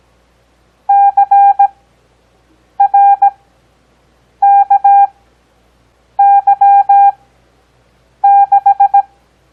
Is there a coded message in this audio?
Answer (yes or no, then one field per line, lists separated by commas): yes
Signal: Morse code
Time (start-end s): 0.9-9.0 s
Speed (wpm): 17 wpm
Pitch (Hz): 800 Hz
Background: none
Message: CRKY6